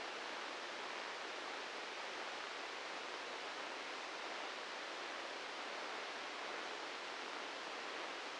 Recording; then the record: brain microelectrode recording played as sound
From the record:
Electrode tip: inside the subthalamic nucleus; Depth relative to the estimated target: 2 mm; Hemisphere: right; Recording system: NeuroSet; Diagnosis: Parkinson's disease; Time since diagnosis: 10 years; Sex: male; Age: 56 years